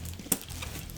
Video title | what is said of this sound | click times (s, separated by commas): Cutting Up With The Zotac MEK1 PC! (March 2018) | interesting to remove the system you just you have a little click here of ba-boom | 0.3 s